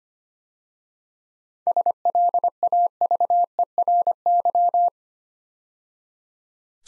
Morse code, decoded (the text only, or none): SLAVERY